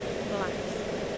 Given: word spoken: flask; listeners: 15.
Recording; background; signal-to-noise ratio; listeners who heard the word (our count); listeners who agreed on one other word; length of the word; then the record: one English word in noise, from a listening test; speech-shaped noise; -5.4 dB; 3 of 15; 6 of 15; 0.78 s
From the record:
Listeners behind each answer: 6, 3, 2, 1, 1, 1, 1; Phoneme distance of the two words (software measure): 17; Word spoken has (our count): 1 syllable, 5 phonemes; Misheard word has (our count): 1 syllable, 4 phonemes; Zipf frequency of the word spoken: 3.52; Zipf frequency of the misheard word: 4.92